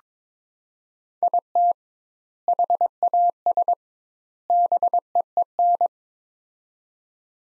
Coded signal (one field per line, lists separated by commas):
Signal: Morse code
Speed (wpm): 22 wpm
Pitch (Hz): 700 Hz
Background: none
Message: IT HAS BEEN